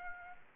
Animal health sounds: mosquito wingbeat signal from an infrared sensor; Aedes aegypti

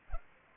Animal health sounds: mosquito wingbeat signal from an infrared sensor; Culex pipiens

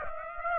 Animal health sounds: mosquito wingbeat signal from an infrared sensor; Aedes aegypti

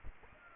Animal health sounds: mosquito wingbeat signal from an infrared sensor; Aedes aegypti

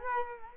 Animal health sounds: mosquito wingbeat signal from an infrared sensor; Culex quinquefasciatus

